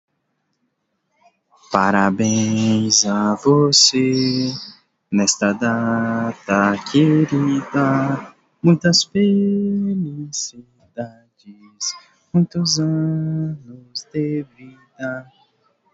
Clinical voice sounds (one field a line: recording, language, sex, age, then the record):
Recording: short text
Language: Brazilian Portuguese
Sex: male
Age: 20 to 29 years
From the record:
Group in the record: control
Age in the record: 22 years